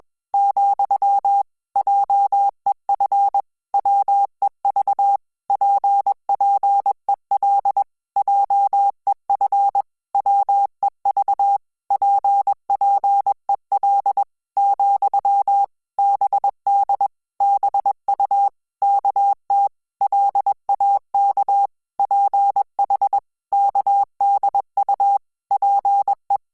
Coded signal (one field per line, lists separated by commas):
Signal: Morse code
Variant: Korean alphabet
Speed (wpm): 21 wpm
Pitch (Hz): 800 Hz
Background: none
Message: , 한 발 짝 한 발 짝 , 드 디 어 공 주 의 자